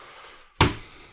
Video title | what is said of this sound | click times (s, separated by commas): Nemesis Reviews Transformers Studio Series 86 Optimus Prime | like that and rotate these wheel pieces around like that and they'll click in into place | 0.6 s